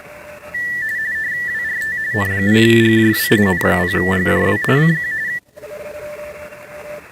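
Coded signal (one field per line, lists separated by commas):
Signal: RTTY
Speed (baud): 45.45 baud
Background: speech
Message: WRT N0GJW N0GJW CQ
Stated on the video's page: Weekly RTTY test sent from an FDX10 into a 29.5 ft end-fed antenna with 9:1 unun and manual tuner.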